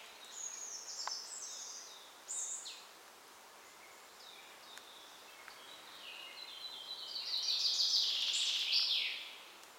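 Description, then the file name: Common chaffinch song: after several seconds of faint high chirps and thin notes, a loud, dense trilled phrase builds for about two seconds and ends abruptly. "Fringilla coelebs"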